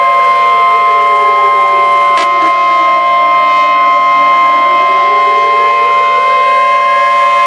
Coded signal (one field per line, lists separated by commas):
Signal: Emergency Alert System (SAME) tones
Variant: 1050 Hz attention tone